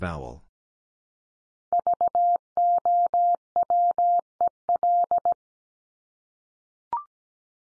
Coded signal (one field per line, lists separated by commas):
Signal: Morse code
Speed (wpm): 17 wpm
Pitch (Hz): 700 Hz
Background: none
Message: VOWEL